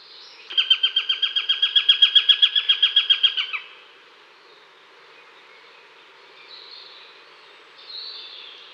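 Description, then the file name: Eurasian sparrowhawk alarm call, a loud harsh chattering series of rapid even notes for three seconds, followed by quiet with faint calls. Female Eurasian sparrowhawk giving alarm calls at the nest. "krahujec obecny varovani samice u hnizda"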